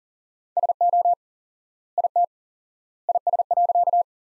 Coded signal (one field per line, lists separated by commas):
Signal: Morse code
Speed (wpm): 40 wpm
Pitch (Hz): 700 Hz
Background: none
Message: SO IT IS.